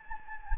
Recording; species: mosquito wingbeat signal from an infrared sensor; Anopheles gambiae